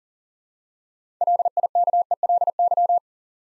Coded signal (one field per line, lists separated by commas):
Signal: Morse code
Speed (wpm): 39 wpm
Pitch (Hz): 700 Hz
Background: none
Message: LIKELY